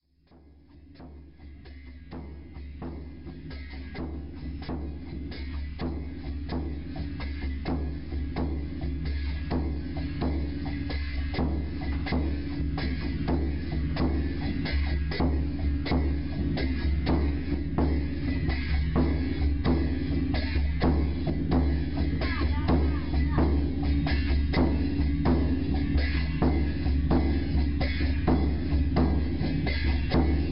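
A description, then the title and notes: Young monks beat drums and clash cymbals for the evening call to prayer at a small temple. A deep, booming drum drones beneath quick, regular metallic strikes that keep a steady, dense pulse. The sound swells up over the first few seconds, then holds. Laos - evening prayer drums and cymbals. Drums and cymbals played by young monks for the early evening call to prayer at a small Wat (temple) in Luang Prabang, Laos.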